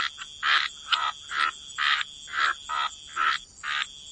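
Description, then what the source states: Frogs giving separate harsh croaks in a steady series with short gaps between them, over a faint steady high tone. Frog chorus.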